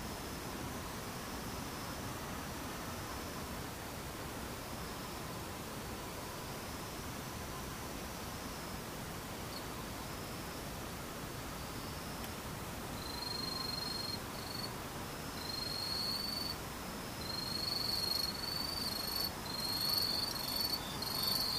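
Insects buzz and trill through a steady, dense hiss of noise. A thin, high whine comes and goes near the top in the first half, then from about 13 seconds sharper, brighter chirps sound in rapid bursts and the whole scene grows slightly louder toward the end.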